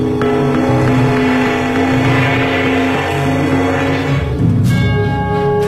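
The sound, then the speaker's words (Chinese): An urgent wartime air raid alarm blares loudly and continuously, warning that Japanese bombers are about to drop bombs and that people should stop running and lie down. It is a droning, harmonic wail broken into quick repeated pulses, its tone shifting abruptly near the end. No one speaks. “这急促的声音告诉大家，日本的轰炸机要投弹了，请你别再跑了，原地趴下。”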